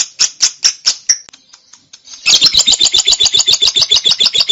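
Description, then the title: Songbird song: loud, high repeated chattering notes, a brief pause, then a fast run of rapid repeated notes. Training recording for songbirds. "LuckyBurung MasteranBest"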